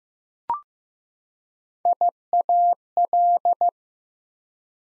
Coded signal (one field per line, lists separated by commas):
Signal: Morse code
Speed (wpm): 15 wpm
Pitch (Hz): 700 Hz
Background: none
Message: IAL